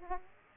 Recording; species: mosquito wingbeat signal from an infrared sensor; Aedes aegypti